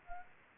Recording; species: mosquito wingbeat signal from an infrared sensor; Anopheles arabiensis